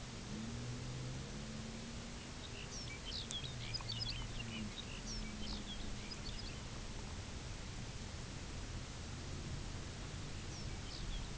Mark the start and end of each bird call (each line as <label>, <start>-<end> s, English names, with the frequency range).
Lapland Longspur (1.4-7.7 kHz), 2.17-6.70 s
Lapland Longspur (1.9-7.3 kHz), 10.25-11.35 s